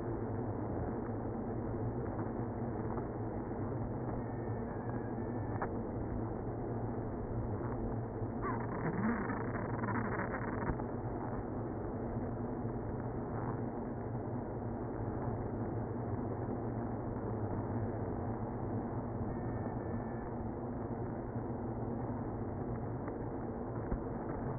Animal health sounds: honeybee colony, microphone inside the hive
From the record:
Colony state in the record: queenless (queen removed); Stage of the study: after two queens were removed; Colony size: about 60,000 bees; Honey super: yes

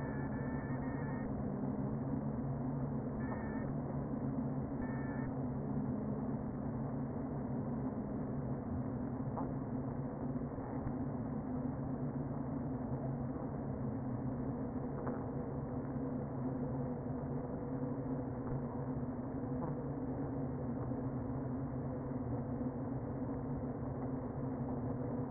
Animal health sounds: honeybee colony, microphone inside the hive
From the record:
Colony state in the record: queen present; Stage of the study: before two queens were removed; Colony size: about 60,000 bees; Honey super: yes

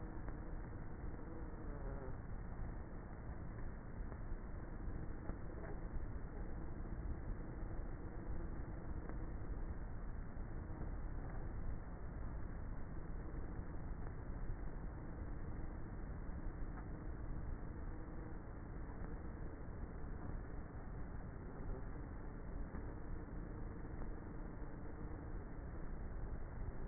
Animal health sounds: honeybee colony, microphone inside the hive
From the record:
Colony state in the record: queenless with a low population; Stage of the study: before two queens were removed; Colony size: about 30,000 bees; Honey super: no

